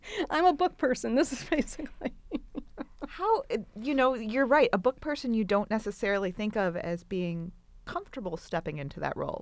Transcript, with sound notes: I'm a book person. This is basically [LAUGHTER]
You're right, a book person you don't necessarily think of as being comfortable stepping into that role.